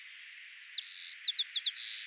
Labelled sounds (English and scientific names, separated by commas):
White-crowned Sparrow (Zonotrichia leucophrys) song